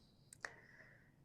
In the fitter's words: You should hear a click, okay? And that's when you know the brakes are locked.